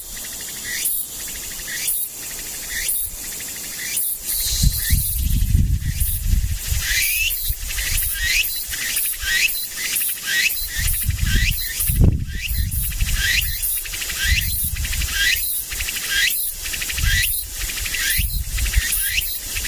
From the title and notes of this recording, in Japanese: ツクツクホーシからムシ。